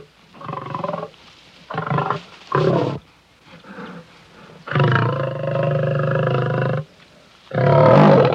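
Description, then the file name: Lion roaring in a sequence: several short, deep grunts, then a sustained roar of about two seconds and a final loud roar. "Sony Music Special - Lion"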